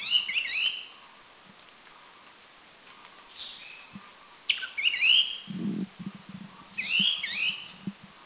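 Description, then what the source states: Striated Bulbul with bursts of quick, warbling, chattering notes repeated every few seconds. Doi Lang, northern Thailand.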